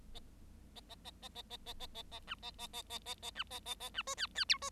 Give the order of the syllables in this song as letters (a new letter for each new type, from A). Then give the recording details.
A A A A A A A A A A B A A A A A A B A A A B C D D E C. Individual Bird7